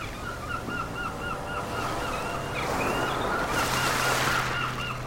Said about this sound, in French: Et si je vous disais que je suis capable d'amener la mer à Paris ? Je crois que je vais ajouter un peu plus de mouettes.